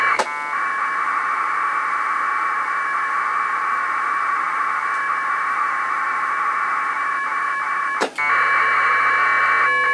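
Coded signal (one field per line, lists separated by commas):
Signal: packet radio (AX.25, as in APRS)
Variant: 1200 baud AFSK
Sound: long harsh two-tone warbling data bursts, brief click and gap, then another burst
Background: radio static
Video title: HTTP over IP over AX.25 Packet Radio at 1200 Baud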